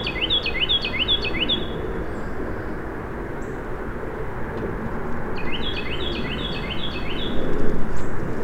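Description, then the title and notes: Carolina Wren song: two bursts of rapid, rolling repeated phrases over steady low traffic rumble. In flooded forest alongside a channel, about 8:30am on January 10, 2016; parkway traffic in background; recorded with Fostex FR-2, Sennheiser ME62 and Telinga parabola. "Carolina Wren in Dyke Marsh"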